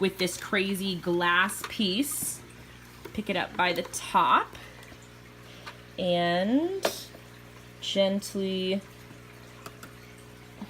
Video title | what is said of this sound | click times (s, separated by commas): Adventures in canister filter setup.... oh boy 😂😂 fancy goldfish filtration upgrade | realign that so it snaps back in. All right. | 9.7 s, 9.8 s